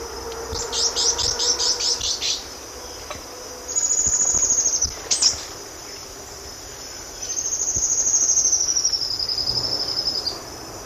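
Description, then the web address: Fjeldså's antwren calls: a quick run of several very high, thin notes, then long, high, thin whistles that waver slightly. Group calls, played back; eastern lowlands of South America. "Natures Songs S America Eastern Lowlands. Epinecrophylla fjeldsaai, group calls"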